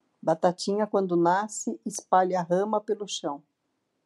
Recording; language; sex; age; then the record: short text; Brazilian Portuguese; female; 60 to 69 years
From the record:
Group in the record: control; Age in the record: 62 years